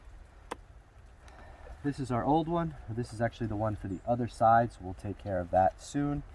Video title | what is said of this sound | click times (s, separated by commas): Jeep JKU A-Pillar LED removal and reinstallation | sure that's secure and you hear that click | 0.5 s